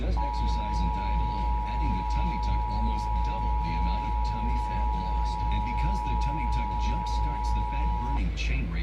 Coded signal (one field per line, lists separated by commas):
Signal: Emergency Alert System (SAME) tones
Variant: 853 and 960 Hz attention tone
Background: speech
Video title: KARZ-TV EAS 5-6-2018